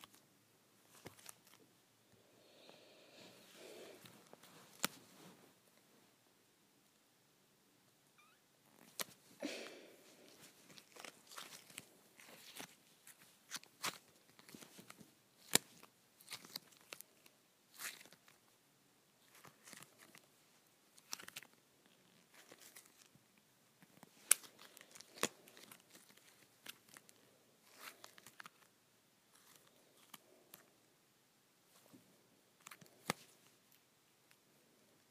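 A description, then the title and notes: Putty being pulled apart, giving a stream of irregular sticky crackles and sharp snapping clicks. The sounds come in uneven bursts every second or two, some louder pops standing out, with short quiet gaps and a faint low hiss between them. ASMR Pulling Apart Putty.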